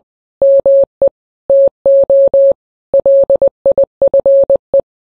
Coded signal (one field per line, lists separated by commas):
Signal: Morse code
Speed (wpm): 20 wpm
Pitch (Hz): 550 Hz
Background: none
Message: ME TO LIFE